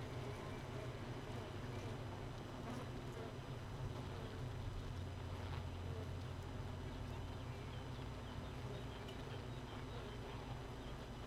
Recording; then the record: honeybee colony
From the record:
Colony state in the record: missing queen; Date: 31 May 2018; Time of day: 4:01